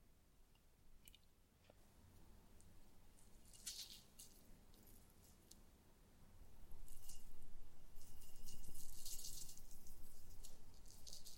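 Slime being squished and pressed, with a soft low rumble underneath. Early on there are only scattered crisp pops and clicks. From about six seconds the sound grows louder and denser, becoming a steady, bright crackling squelch that continues to the end.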